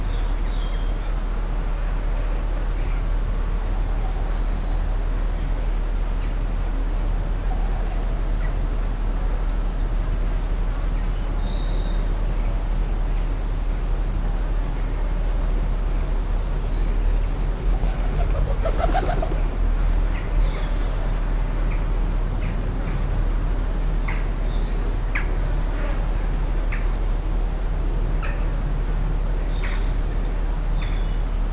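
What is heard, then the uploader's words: Garden ambience on a hot noon: a steady low rumble of traffic runs throughout, with scattered short bird calls and chirps every few seconds. Around eighteen to twenty seconds a brief louder burst of clatter and rustling rises above the constant background hum. Hot Noon Garden Ambient. London #heatWave.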